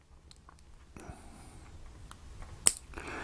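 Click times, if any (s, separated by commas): 2.7 s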